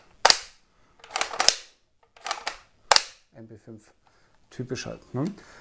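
The locked charging handle of a Begadi / Cyma Mod5 SD6 S-AEG airsoft rifle is knocked out of its notch in the cocking tube and snaps forward with a loud metallic slap at 0.3 s and again at 2.9 s. Sharper clacks are heard around 1.2 s and 1.5 s in between, and someone talks at the end. Both times the handle is released and springs fully forward.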